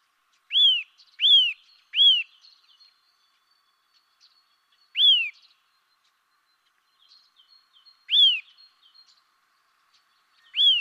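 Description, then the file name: Eurasian nuthatch giving loud, piping, downslurred call notes, a quick run of three, then single notes every few seconds, with faint high chatter between. "Sitta europaea"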